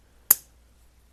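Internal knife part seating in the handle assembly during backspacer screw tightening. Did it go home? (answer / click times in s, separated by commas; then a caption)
yes / 0.3 s. Tightening the backspacer screws on a reassembled Kansept Egress folding knife, an internal part seats in the handle assembly with a single loud, sharp snap at 0.3 s. The snap is bright and crisp, fading within about a tenth of a second against a quiet low hum, and the part is confirmed snapped into place.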